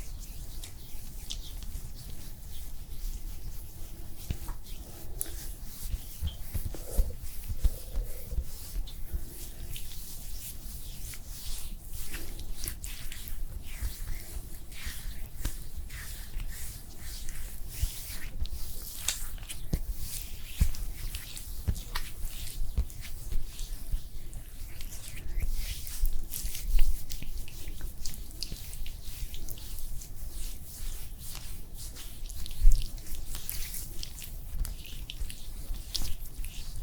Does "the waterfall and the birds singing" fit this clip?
no